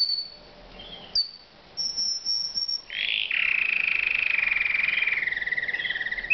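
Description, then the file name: Canary song: a few scattered high notes at first, then a loud sustained rolling trill that slowly falls in pitch. "Uccello Canarino"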